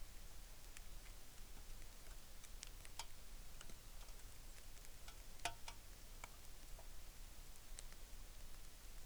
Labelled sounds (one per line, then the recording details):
rain
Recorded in the Arctic National Wildlife Refuge, Alaska, on 3 August 2019
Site 33